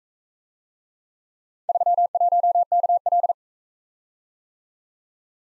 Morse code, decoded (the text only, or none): 31KL